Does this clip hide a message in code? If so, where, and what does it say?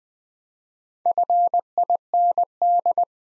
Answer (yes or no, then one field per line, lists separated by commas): yes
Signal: Morse code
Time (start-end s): 1.1-3.0 s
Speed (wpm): 20 wpm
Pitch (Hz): 700 Hz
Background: none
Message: FIND